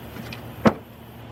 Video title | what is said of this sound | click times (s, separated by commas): ⭐ How To Change A Battery And Battery Terminals - 2002 Chrysler PT Cruiser | they snapped into place | 0.3 s, 0.7 s